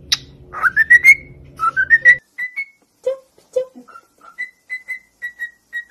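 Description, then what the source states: Cockatiel whistled song: rising stepped whistled phrases, then low whistles and a string of level high whistled notes. Several cockatiels whistling, singing.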